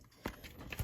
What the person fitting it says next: so it quite literally just snaps into place.